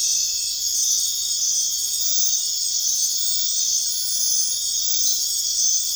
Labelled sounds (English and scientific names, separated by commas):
none